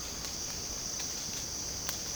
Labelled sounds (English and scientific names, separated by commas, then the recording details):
none
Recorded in secondary vegetation near Puerto Asís, Putumayo, Colombia, on 24 March 2025 at 07:00
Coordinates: 0.485, -76.322
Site G040